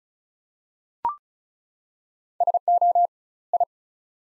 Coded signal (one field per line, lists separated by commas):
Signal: Morse code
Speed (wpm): 36 wpm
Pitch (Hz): 700 Hz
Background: none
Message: SO I